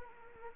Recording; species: mosquito wingbeat signal from an infrared sensor; Anopheles arabiensis